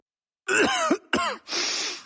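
An acted, voiced, gravelly throat clearing by an adult is followed by a second shorter clearing and a breathy, hissing cough-like exhale, three bursts in about two seconds. The congested, rough sound is portrayed as a flu cough in a DayQuil advertisement.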